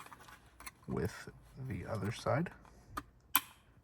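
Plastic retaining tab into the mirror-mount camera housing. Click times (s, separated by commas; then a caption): 3.4 s. Someone talks while an orange plastic retaining tab is pushed into the rear-view mirror housing of a FITCAMX dash cam for a 2019–2024 Corolla, on the second side. A sharp click at 3.4 s marks the tab seating into the housing.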